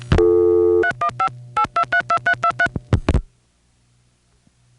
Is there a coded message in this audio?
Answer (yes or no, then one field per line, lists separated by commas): yes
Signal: DTMF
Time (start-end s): 0.8-2.7 s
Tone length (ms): 90 ms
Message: 3158232323